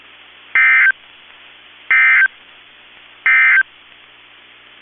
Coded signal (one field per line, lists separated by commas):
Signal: Emergency Alert System (SAME) tones